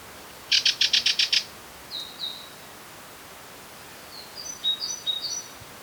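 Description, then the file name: Great tit calls: a quick burst of seven sharp buzzy notes, then two short high notes, and later a loose series of thin high chirps over steady background hiss. "Parus major"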